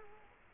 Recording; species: mosquito wingbeat signal from an infrared sensor; Culex quinquefasciatus